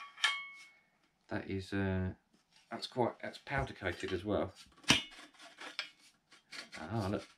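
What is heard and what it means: Someone talks while handling the powder-coated steel sections of a DrOtek T-Shovel, a T-handle digging shovel, fitting a shaft or handle section toward the next shaft section. Sharp metallic knocks ring out at about 0.2 s, 4.9 s and 5.8 s. Nothing has seated or clicked yet.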